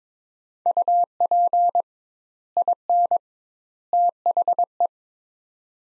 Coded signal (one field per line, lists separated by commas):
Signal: Morse code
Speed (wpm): 22 wpm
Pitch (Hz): 700 Hz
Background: none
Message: UP IN THE